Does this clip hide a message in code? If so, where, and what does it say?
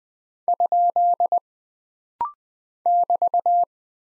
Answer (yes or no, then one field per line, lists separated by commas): yes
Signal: Morse code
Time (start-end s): 0.5-3.6 s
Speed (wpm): 20 wpm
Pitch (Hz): 700 Hz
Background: none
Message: ? <BT>